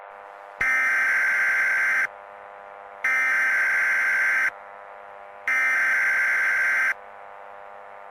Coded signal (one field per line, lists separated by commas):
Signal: Emergency Alert System (SAME) tones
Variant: header bursts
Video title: Rhadophobia Part 1: The Beginning (EAS Scenario)